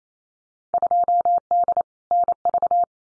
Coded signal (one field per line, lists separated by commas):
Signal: Morse code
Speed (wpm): 28 wpm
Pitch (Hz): 700 Hz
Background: none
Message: 2D NV